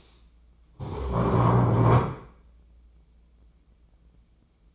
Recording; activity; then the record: daily activity, microphone in the room; stand up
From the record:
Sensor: 1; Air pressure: 996.0 hPa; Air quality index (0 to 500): 236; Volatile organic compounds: 1000 ppm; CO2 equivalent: 6887 ppm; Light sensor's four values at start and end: 35/86/37/44 and 34/83/36/43